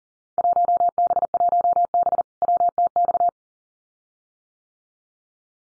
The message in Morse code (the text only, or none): 1B1B WTX